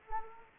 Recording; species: mosquito wingbeat signal from an infrared sensor; Anopheles arabiensis